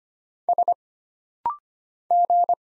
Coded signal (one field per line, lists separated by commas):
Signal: Morse code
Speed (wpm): 25 wpm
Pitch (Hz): 700 Hz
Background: none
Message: S G